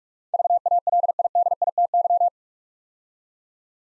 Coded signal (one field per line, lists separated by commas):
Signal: Morse code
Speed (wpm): 44 wpm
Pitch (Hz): 700 Hz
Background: none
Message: VALIDITY